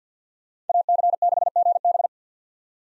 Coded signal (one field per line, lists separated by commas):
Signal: Morse code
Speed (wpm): 50 wpm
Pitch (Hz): 700 Hz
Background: none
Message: AC6GB